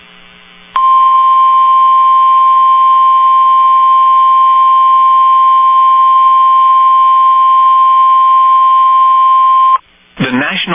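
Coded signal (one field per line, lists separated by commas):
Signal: Emergency Alert System (SAME) tones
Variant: 1050 Hz attention tone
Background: speech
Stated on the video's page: NOAA Weather Radio severe thunderstorm warning received via an online stream.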